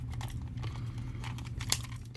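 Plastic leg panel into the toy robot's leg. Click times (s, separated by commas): 1.7 s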